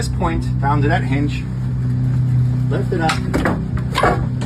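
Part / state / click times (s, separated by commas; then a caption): detachable piece into a hinge mount / seated / 4.0 s. Someone talks while a detachable piece is lifted and pushed into its hinge mount without screws, over a steady low hum. A sharp snap at 4.0 seconds marks the piece seating in place, held by the snap alone.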